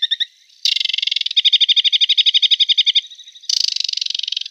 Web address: Schulze Peter Aquatic Warbler song